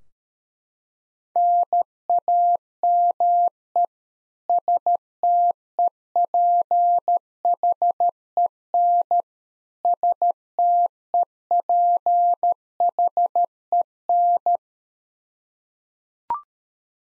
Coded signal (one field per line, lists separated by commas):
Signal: Morse code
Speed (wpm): 13 wpm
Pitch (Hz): 700 Hz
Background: none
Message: NAME STEPHEN STEPHEN